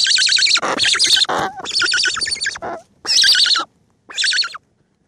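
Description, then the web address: Cory's shearwater chicks with raspy, pulsed, wheezing calls in several bursts, the later ones separated by short silences. Calls of chicks; seabird. "aves-marinhas cagarro Cantos Cagarro Crias"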